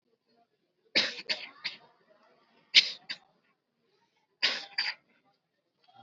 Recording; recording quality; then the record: shallow voluntary cough; excellent, no background noise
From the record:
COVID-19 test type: RT-PCR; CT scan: not taken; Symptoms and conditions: none ticked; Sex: male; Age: 18 years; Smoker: no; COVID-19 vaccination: both doses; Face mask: worn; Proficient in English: yes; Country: India